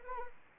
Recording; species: mosquito wingbeat signal from an infrared sensor; Anopheles arabiensis